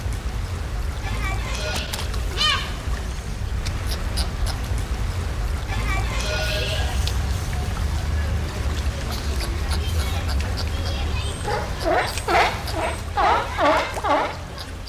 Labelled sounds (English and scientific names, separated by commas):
California Sea Lion (Zalophus californianus) call